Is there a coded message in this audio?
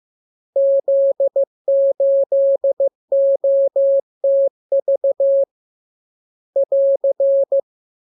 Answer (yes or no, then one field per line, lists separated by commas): yes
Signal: Morse code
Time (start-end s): 0.6-7.6 s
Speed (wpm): 15 wpm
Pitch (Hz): 550 Hz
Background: none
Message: Z8OTV <AR>